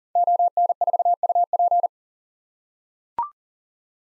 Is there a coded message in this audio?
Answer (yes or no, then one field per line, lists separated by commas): yes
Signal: Morse code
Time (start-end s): 0.2-1.9 s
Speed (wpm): 40 wpm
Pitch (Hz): 700 Hz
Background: none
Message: ON4UP